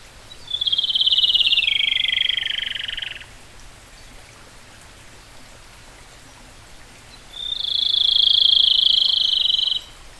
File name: robin-rufous-tailed -Larvivora-sibilans